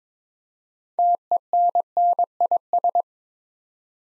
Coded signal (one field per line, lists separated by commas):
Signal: Morse code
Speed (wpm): 22 wpm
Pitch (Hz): 700 Hz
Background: none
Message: TENNIS